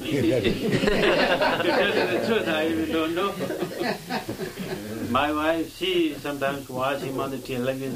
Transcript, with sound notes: To tell you the truth, I even don't know. [laughter] My wife, she sometimes watch him on the television.